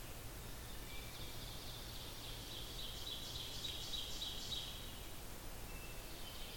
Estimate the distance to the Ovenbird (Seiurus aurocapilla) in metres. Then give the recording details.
about 85 m. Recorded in boreal forest in Alberta, Canada, on 14 June 2016 at 05:55. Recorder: SongMeter 3, array SBT-3-33. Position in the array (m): 280 m, 279 m. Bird 22